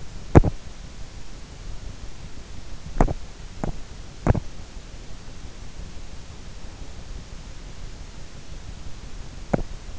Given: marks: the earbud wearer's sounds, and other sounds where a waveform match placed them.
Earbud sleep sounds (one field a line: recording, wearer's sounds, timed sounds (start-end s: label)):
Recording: sounds in sleep by an in-ear microphone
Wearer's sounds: teeth grinding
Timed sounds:
0.00-0.77 s: teeth grinding
2.61-4.65 s: teeth grinding
9.30-9.95 s: teeth grinding